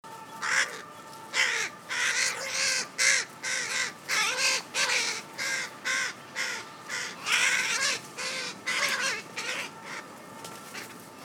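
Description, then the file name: Carrion crow cawing in a long, steady series of many harsh, nasal caws with brief pauses between them and slight shifts in loudness. "Corvus corone"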